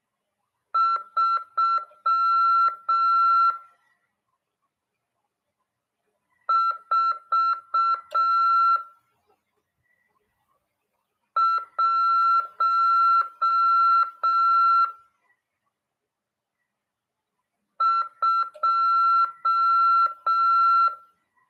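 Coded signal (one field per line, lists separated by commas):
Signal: Morse code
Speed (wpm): 6 wpm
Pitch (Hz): 1350 Hz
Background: none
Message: 3412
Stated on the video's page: Amateur radio CW lesson, part of a class on 146.410 MHz FM.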